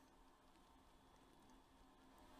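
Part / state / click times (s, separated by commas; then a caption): retractable soldering iron holder into portable soldering station housing / not seated / none. A retractable soldering iron holder is lined up a little above the lip of an M18 T12 portable soldering station housing and pulled back, ready to lock. Only a steady, soft pattering rustle of handling is heard, with no sharp sounds. Nothing has clicked or locked into place yet.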